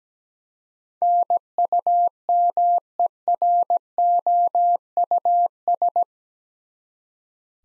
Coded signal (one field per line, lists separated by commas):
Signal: Morse code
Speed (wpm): 17 wpm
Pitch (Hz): 700 Hz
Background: none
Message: NUMEROUS